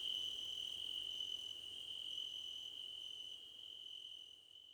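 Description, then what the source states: Crickets chorus: a steady high trill that fades slightly toward the end. Crickets, described as a choir competition.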